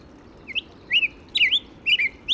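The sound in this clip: Black-headed grosbeak song: short, rich warbled phrases that slur up and down, given in quick bursts about every half second, over a soft steady background hiss.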